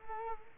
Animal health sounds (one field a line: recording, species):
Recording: mosquito wingbeat signal from an infrared sensor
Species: Culex quinquefasciatus